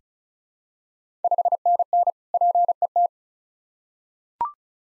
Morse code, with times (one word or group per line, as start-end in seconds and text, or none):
1.2-2.1 5NN
2.3-3.1 PET